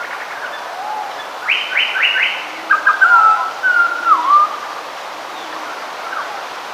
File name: hooded pitohui call song